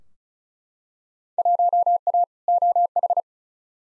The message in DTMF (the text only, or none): none